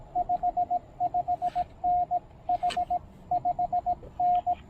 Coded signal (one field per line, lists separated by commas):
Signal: Morse code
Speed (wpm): 19 wpm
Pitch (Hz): 690 Hz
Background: radio noise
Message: 55N H 5N